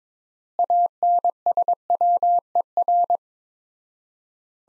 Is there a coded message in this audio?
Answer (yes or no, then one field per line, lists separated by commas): yes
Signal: Morse code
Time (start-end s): 0.6-3.2 s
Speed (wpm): 22 wpm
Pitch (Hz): 700 Hz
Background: none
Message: ANSWER